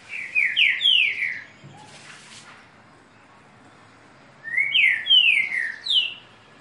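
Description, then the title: Green-winged saltator song: two phrases of four or five clear whistles, each note falling in pitch, separated by about three seconds of quiet. "Canto De Trinca Ferro. TRINCA FERRO CANTANDO"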